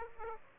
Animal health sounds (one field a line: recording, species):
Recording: mosquito wingbeat signal from an infrared sensor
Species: Aedes aegypti